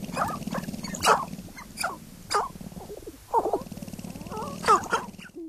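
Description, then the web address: Sharp-tailed grouse calling: a mix of clucking, cooing and short harsh notes at irregular intervals, with a low rumbling drone underneath throughout. North America. "Songs of Birds of North America. Sharp-tailed Grouse"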